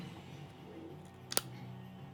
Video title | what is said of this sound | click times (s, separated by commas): Beretta PX4 Storm Subcompact disassembly tutorial | Did you guys hear the click? | 1.3 s, 1.4 s